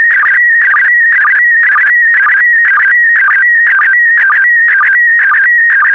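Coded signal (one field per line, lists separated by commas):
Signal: SSTV (slow-scan television)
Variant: PD120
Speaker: complete. You can now check your decoded image against the picture that is shown on the video.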